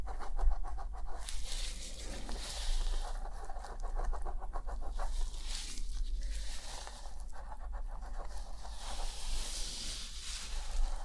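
Scalp scratching and hair brushing run continuously, a dense, bright scratchy rustle that swells and eases in repeated strokes roughly every two to three seconds. Fine rapid ticks run through the strokes, and a low steady hum sits underneath throughout.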